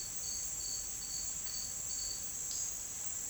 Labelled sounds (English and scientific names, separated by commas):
none